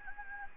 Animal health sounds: mosquito wingbeat signal from an infrared sensor; Anopheles gambiae

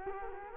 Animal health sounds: mosquito wingbeat signal from an infrared sensor; Culex quinquefasciatus

